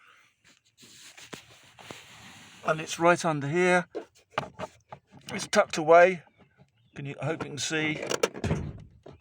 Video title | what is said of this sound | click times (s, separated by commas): How To open Hood/Bonnet Toyota Aygo (Non-broken) | heard it click | 8.4 s